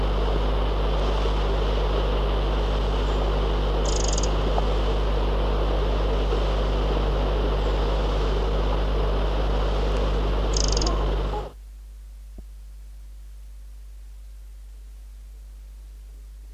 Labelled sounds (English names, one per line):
Eurasian Wren alarm call